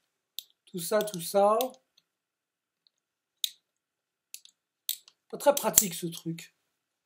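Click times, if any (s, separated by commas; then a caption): none. Someone handles the plastic tongue of a micrometric ratchet chin-strap buckle on a motorcycle helmet, working it toward the ratchet receiver, while someone talks. Short, sharp ticks and clicks occur around 0.4, 3.4, 4.3 and 4.9 s between the bursts of speech. Nothing has seated or clicked home yet.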